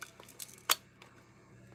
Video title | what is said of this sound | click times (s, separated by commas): LATE NIGHT DOLLY CHAT!! LOTS TO TALK ABOUT! 5-10-21 | you can hear her legs kind of click in place to kind of sit her on the shelf | 0.7 s